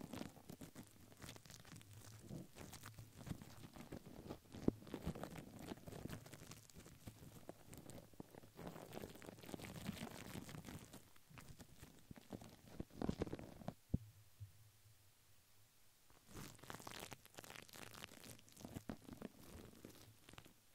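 Dense crinkling and brushing of plastic and paper runs in busy bursts, dropping to a quiet lull around fourteen seconds before resuming.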